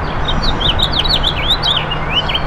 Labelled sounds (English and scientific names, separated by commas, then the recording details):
House Finch (Haemorhous mexicanus) song
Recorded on Long Island, New York, on 8 June 2012
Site AS
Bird A